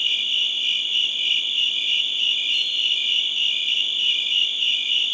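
Cricket gives an unbroken high-pitched trill, a steady, buzzy ring throughout.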